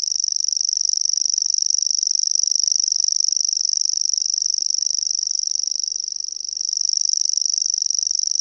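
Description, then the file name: Grasshopper warbler song, an unbroken high mechanical reel of rapid ticking pulses, with a slight dip in loudness near the end. "PENSASSIRKKALINTU"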